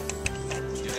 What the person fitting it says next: you hear those click in.